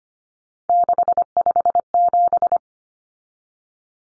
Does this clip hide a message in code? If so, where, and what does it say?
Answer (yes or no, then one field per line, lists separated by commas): yes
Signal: Morse code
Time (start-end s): 0.7-2.6 s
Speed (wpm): 25 wpm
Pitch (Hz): 700 Hz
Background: none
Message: 657